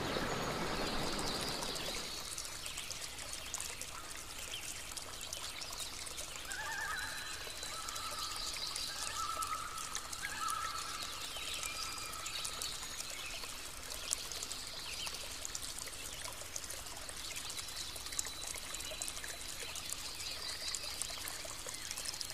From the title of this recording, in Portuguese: Sons da Natureza